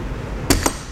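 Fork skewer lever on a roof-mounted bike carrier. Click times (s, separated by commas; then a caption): 0.5 s, 0.7 s. The fork-mount skewer lever of a Kuat Trio roof bike rack on a 2015 Ford Edge is pulled outward to disengage it, and it pops out of place as the skewer slides over to the other side. Two sharp clicks are heard at 0.5 s and 0.7 s over a low steady background, and the lever is released.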